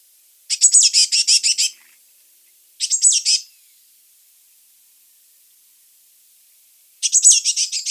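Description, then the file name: Eurasian blue tit scolds with a long buzzy churr, a shorter rattle soon after, then a third churr after a long pause. "Cyanistes caeruleus"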